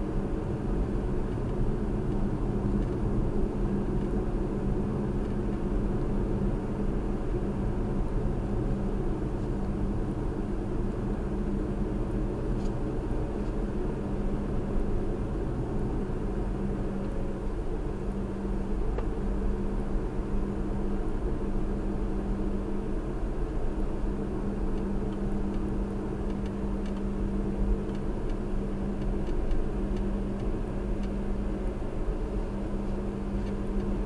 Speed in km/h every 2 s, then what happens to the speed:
53, 53, 56, 52, 50, 50, 55, 53, 55, 53, 55, 55, 55, 53, 53, 53, 53.
0-5 steady at about 53. 5-7 slows to 50. 7-34 steady at about 53.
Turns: none.